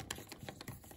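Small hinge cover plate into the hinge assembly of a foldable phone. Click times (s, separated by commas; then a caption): 0.1 s. A small bottom hinge cover plate is lined up and pressed into the hinge assembly of a Samsung Fold foldable phone during reassembly, to lock the plates in place because they keep moving. A sharp click at 0.1 s is followed by softer taps at about 0.3, 0.5 and 0.7 s. The plate clicks into position and is seated.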